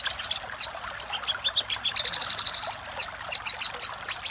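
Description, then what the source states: Little spiderhunter song, scattered high chips building into a quick even run, then spaced notes again. Master song for training cage birds.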